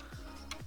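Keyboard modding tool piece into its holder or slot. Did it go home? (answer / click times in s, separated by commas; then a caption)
yes / 0.5 s. A donated keyboard-modding tool piece is dropped into its holder or slot. Over a steady low tonal background, a single sharp, bright tick sounds at 0.5 s as the piece snaps in and seats.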